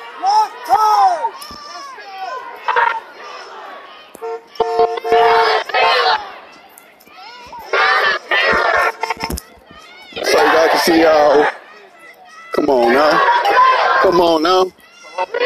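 Protest crowd with many voices shouting and chanting at once, overlapping and raised in pitch. Loud bursts of yelling come in waves, around five, eight, ten to eleven and thirteen to fifteen seconds, with quieter murmuring and single calls between them.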